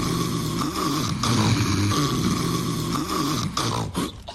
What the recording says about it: Snoring is not just noise. It could be sleep apnea, a dangerous condition where your body stops breathing and your brain and heart are being deprived of oxygen night after night.